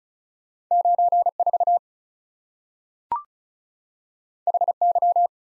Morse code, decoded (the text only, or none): 9 4 H Y